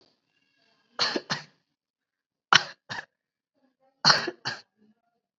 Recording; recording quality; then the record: heavy voluntary cough; excellent, no background noise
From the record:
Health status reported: COVID-19 positive, mild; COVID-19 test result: positive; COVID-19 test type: rapid antigen test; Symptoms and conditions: cough, fever, fatigue, muscle pain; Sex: male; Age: 20 years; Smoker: no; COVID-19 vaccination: both doses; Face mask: worn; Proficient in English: yes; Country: India